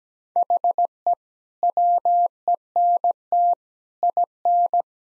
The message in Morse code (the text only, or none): HE WENT IN